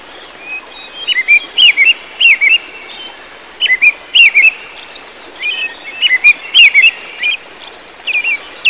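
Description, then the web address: Bird calls, short twisting whistled notes in small clusters with irregular pauses, over a steady background hiss. "ritual 2 bird"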